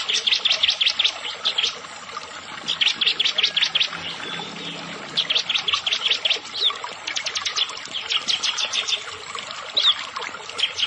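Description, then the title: Prinia song: long series of quick, sharp high notes in repeated bursts, with short pauses between. "Ciblek Sawah"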